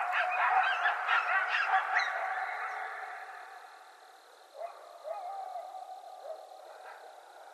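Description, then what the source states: Coyote chorus of dense yipping for about two seconds, then fading to a few scattered, quieter yelps and short wails. Several coyotes recorded on 20 January 2012.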